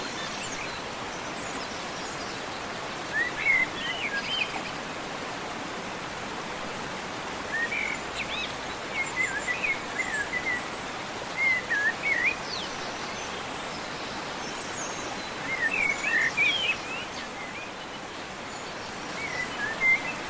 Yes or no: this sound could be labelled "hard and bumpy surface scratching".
no